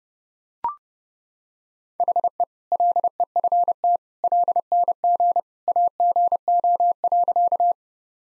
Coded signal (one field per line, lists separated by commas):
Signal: Morse code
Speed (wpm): 30 wpm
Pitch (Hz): 700 Hz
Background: none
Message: HE LEFT LNG AGO.